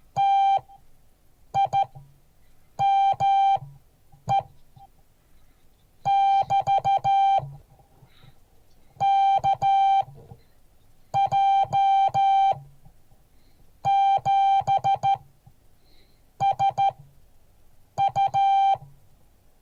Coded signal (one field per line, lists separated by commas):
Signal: Morse code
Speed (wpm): 13 wpm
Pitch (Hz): 790 Hz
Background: music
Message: TIME <BT> KJ7SU